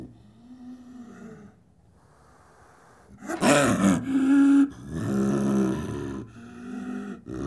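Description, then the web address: Leopard roaring: low, soft tonal moans, then a loud harsh burst with rasping, harmonic growls that fade into quieter grunting. "big cats|leopards"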